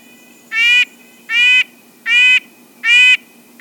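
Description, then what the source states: Red-breasted nuthatch repeating nasal, tinny honks at a steady pace of a little more than one per second. Monotonous honking song, sung all day long.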